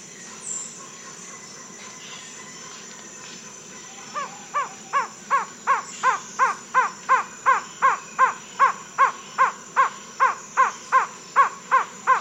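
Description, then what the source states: Slaty-tailed trogon call: after four quiet seconds, a long steady run of hollow clucking notes begins, about three each second, growing louder over the first few notes and then holding steady. Recorded in South America.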